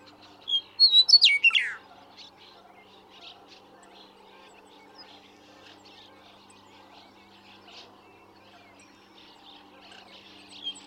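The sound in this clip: Western meadowlark sings one short phrase early on, a bright whistle breaking into a rapid downward warble, then faint scattered chirps from other birds for the rest.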